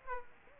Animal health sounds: mosquito wingbeat signal from an infrared sensor; Aedes aegypti

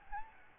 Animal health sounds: mosquito wingbeat signal from an infrared sensor; Aedes albopictus

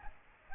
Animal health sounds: mosquito wingbeat signal from an infrared sensor; Aedes aegypti

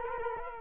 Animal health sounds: mosquito wingbeat signal from an infrared sensor; Culex quinquefasciatus

